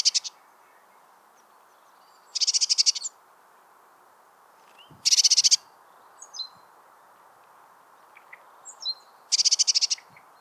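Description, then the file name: Eurasian blue tit churring calls, dry rapid rattles repeated four times at irregular gaps, with a few thin high notes between. "Cyanistes caeruleus"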